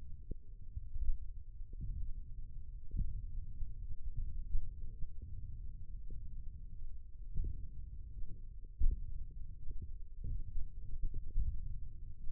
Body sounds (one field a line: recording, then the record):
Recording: forearm muscle sounds (acoustic myography)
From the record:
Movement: index flexion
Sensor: system 1, eight BSWA MPA416 microphones around the upper forearm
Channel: 3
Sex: male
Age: 20 years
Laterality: left